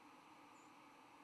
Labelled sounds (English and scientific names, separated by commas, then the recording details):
White-throated Sparrow (Zonotrichia albicollis) flight call
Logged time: 07:41 on 10 November 2014